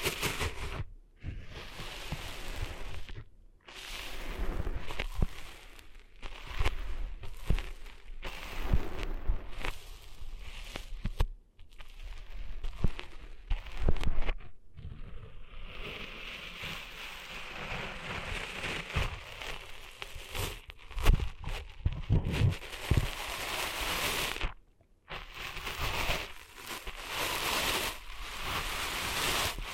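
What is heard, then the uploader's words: Sand being cleaned out of ears: dense, gritty rustling and scratching that crackles like rain on a surface. The rubbing runs in bursts of varying loudness, cut by abrupt brief silences around 1, 3.5, 11.5, 15 and 25 seconds. ASMR Cleaning Sand Out of Your Ears (No Talking).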